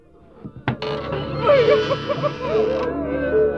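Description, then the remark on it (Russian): After a single sharp knock, mourners gathered at the house of Jairus in a dramatized Bible story wail and lament in wavering, sobbing cries that rise and fall over a steady sustained tone, with sad music playing, continuing without a break to the end. “Уже играла печальная музыка. И слышались причитания скорбящих.”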